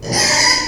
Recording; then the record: squeal of a Yucatan mini pig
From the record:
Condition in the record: before surgery on the right vocal fold (resection and tissue-engineered implant); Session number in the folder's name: 2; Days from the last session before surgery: 0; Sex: male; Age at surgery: 12 weeks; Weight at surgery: 13 kg